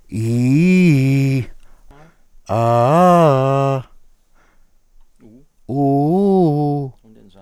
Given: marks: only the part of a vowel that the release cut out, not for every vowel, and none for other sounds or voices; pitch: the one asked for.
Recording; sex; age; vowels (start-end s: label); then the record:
sustained vowels; male; 40 to 49 years
0.21-1.36 s: vowel /i/, low-high-low pitch
2.57-3.73 s: vowel /a/, low-high-low pitch
5.70-6.85 s: vowel /u/, low-high-low pitch
From the record:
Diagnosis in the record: dysarthrophonia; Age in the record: 41 years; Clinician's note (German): Ausgeprägte laryngale Bewegungsstörung, langsame monotone Prosodie